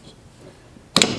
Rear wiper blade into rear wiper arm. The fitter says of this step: of goes in at angle snaps